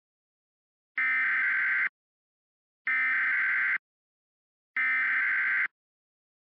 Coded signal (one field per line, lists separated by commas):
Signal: Emergency Alert System (SAME) tones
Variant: header bursts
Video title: EAS Scenario - Higglytown Heroes